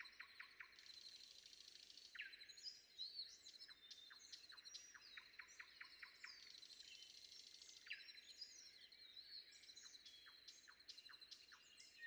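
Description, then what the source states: Common nightingale song with evenly spaced sharp notes and short whistled phrases. Recorded before dawn.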